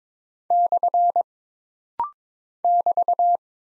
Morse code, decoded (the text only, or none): / <BT>